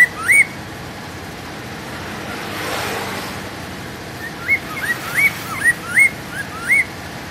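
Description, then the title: Hwamei: a loud upslurred whistle, a pause with a broad swell of noise, then a series of ringing rising whistles about every half second. "Poksay mandarin"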